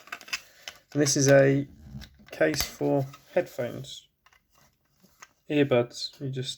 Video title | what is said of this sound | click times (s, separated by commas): Prusa Mini+ 3D Printer. Review and Prints so far. | and they just snap into place there and there | 0.1 s, 0.3 s